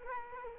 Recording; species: mosquito wingbeat signal from an infrared sensor; Culex quinquefasciatus